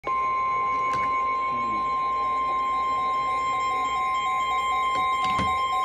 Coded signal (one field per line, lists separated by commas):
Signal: Emergency Alert System (SAME) tones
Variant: 1050 Hz attention tone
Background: music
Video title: Severe Thunderstorm Warning (EAS 2343)